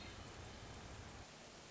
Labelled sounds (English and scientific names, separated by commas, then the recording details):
Hermit Thrush (Catharus guttatus)
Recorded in Sonoma County, California